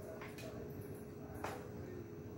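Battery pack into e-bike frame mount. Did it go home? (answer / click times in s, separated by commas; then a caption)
yes / 1.4 s. An e-bike battery pack is pushed into its frame mount and locks in place, with a sharp click at 1.4 s over steady background noise and a low hum. Earlier, softer sliding and rubbing sounds occur around 0.2–0.5 s as the pack goes in. The battery is seated and locked.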